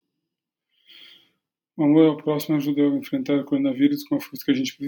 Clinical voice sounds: spoken sentence; Brazilian Portuguese; male; 40 to 49 years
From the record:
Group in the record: control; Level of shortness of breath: 0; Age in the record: 48 years

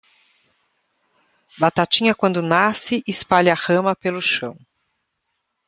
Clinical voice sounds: short text; Brazilian Portuguese; female; 60 to 69 years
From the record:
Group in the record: control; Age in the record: 60 years

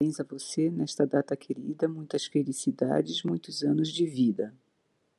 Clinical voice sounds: short text; Brazilian Portuguese; female; 50 to 59 years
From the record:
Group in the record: control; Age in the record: 57 years

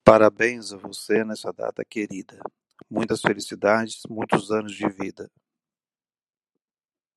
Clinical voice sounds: short text; Brazilian Portuguese; male; 40 to 49 years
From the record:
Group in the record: control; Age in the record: 49 years

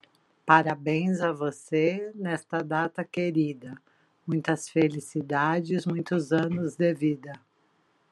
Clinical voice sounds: short text; Brazilian Portuguese; female; 50 to 59 years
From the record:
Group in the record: control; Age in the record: 56 years

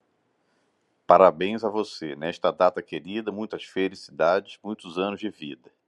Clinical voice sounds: short text; Brazilian Portuguese; male; 30 to 39 years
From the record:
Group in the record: control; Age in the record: 35 years

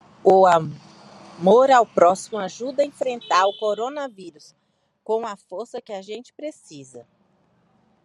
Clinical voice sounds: spoken sentence; Brazilian Portuguese; female; 40 to 49 years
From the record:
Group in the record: control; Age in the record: 47 years

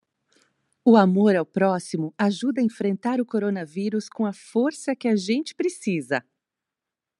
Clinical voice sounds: spoken sentence; Brazilian Portuguese; female; 40 to 49 years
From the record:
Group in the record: control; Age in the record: 43 years

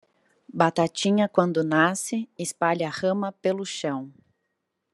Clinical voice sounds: short text; Brazilian Portuguese; female; 30 to 39 years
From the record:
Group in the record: control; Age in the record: 39 years

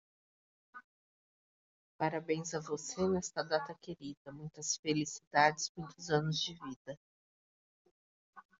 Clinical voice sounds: short text; Brazilian Portuguese; female; 40 to 49 years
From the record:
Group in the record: control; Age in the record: 42 years

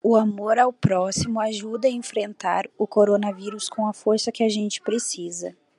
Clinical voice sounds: spoken sentence; Brazilian Portuguese; female; 20 to 29 years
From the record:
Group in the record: control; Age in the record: 22 years

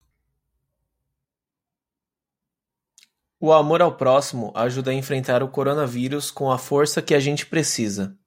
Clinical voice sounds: spoken sentence; Brazilian Portuguese; male; 30 to 39 years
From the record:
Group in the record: control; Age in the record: 31 years

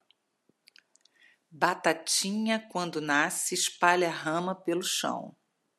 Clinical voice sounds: short text; Brazilian Portuguese; female; 50 to 59 years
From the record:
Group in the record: control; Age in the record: 56 years

